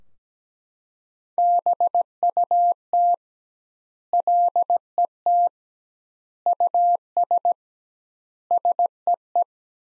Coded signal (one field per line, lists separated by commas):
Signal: Morse code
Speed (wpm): 17 wpm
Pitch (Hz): 700 Hz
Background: none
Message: BUT LET US SEE